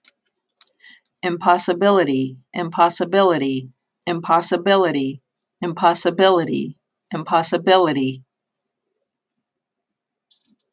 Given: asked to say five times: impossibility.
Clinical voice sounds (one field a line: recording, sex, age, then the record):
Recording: repeated word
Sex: female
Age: 50 to 59 years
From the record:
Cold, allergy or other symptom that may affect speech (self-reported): no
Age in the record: 54 years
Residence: Pennsylvania, United States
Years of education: 16